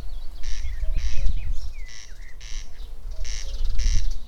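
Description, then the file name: Corn crake rasping in paired grating bursts, with short slurred whistles between them and low rumbling noise beneath. "Wachtelkönig"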